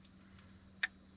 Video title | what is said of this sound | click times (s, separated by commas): Factory Dashcam in a Toyota Sienna - Fitcamx Product Review | and they'll click right into place | 0.8 s